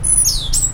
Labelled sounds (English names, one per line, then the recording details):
Stitchbird song
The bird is a male
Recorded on Tiritiri Matangi Island, New Zealand, in 2005
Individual 1, of nest box 1